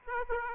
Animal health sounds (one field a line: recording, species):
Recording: mosquito wingbeat signal from an infrared sensor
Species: Aedes aegypti